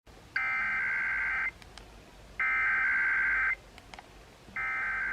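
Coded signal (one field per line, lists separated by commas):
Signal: Emergency Alert System (SAME) tones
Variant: header bursts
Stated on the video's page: Alerts received through CAP and NOAA Weather Radio.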